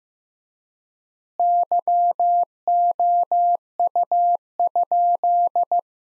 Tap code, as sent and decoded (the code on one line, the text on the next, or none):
none